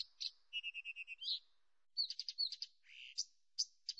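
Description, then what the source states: Blyth's reed warbler song: varied high phrases mixing short whistled notes, a rapid series of repeated chipping notes and rising slurred sounds, with brief pauses between bursts. Nominate subspecies Acrocephalus dumetorum dumetorum.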